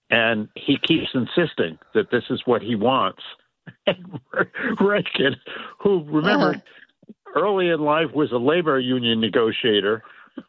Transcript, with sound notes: and he keeps insisting that this is what he wants. (laughs) And Reagon, who remember-
Uh-huh.
... early in life was a labor union negotiator,